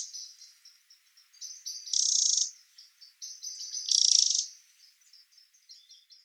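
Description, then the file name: Eurasian wren song, very high and rapid, with soft ticking trills building into two loud buzzy bursts about two seconds apart. "Troglodytes troglodytes"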